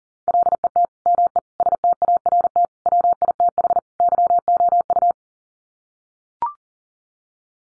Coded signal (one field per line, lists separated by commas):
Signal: Morse code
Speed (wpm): 40 wpm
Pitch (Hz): 700 Hz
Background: none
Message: LET ME START WITH YOU